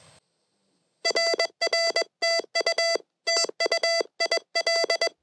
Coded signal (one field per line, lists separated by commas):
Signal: Morse code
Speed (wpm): 21 wpm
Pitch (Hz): 670 Hz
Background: none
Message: RR TU TU IL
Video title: SOTA Activation with Lorene’s newly-built Rockmite transceiver